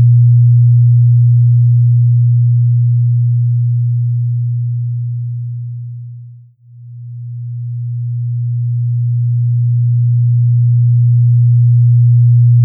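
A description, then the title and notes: A pure delta binaural tone hums as a single low, steady sine note with no other sounds. Its loudness sinks smoothly toward silence around the six-and-a-half-second mark, then swells back just as gradually to full strength by the end. Pure Delta Binaural 0.5 hz.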